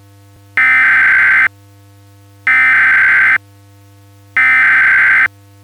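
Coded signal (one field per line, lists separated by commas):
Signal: Emergency Alert System (SAME) tones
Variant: header bursts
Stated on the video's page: Simulated EAS scenario, a Christmas special.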